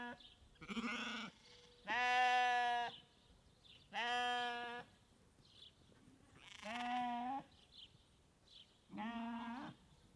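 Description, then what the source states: Sheep giving a series of five bleats, roughly two seconds apart, with faint chirps in the gaps. Sheep on a ranch in Montana.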